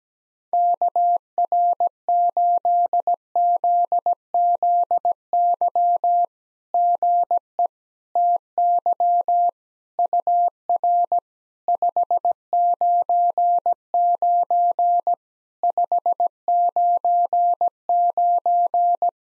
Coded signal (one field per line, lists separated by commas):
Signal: Morse code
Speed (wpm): 17 wpm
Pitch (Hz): 700 Hz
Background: none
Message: KR8ZZY GE TY UR 599 599